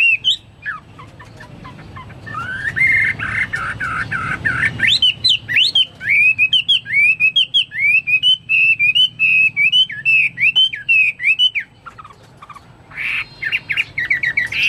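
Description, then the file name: Chinese hwamei song: varied whistles and a harsh rasping passage, then a fast series of rising slurred whistles and sharp chips. "omkicau hwamei"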